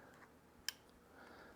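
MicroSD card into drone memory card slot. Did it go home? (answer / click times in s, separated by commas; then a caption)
yes / 0.7 s. A 128 GB microSD card is pushed into the memory card slot of a DJI Mavic Air 2 drone. It gives one short, sharp click at 0.7 s over quiet background noise. The card locks in place.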